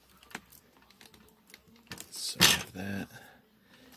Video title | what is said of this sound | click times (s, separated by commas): Samsung Chrome Book 500c Screen Replacement | want to hear it click and then we're gonna hear it two clicks | 0.3 s, 1.9 s